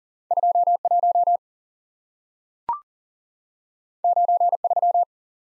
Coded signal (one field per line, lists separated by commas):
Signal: Morse code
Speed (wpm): 40 wpm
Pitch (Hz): 700 Hz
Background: none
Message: 2 1 9 3